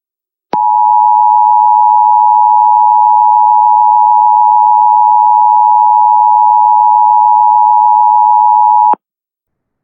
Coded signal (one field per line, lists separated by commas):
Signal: Emergency Alert System (SAME) tones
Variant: 853 and 960 Hz attention tone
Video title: EAS Bonus: A Chaotic Disturbance